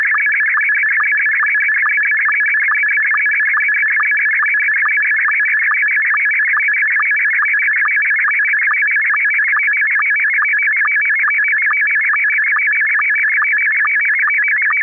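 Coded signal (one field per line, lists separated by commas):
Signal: SSTV (slow-scan television)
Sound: loud continuous warbling tones chirping rapidly with steady rhythmic clicks throughout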